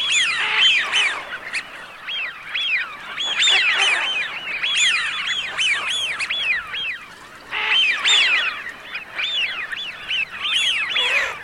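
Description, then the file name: Eurasian wigeon calls from many birds, arched whistles repeated in dense overlapping bursts with brief lulls, plus short scratchy noises. "FISCHIONE"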